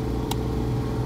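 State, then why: Seated. The wiring harness connector for a Redarc Tow-Pro Elite trailer brake controller is plugged into the control module under the dash of a 2017 Toyota Sienna, so that it can't be pulled out easily. A single short, sharp click at 0.3 s stands out over a steady low hum. The connector is fully seated.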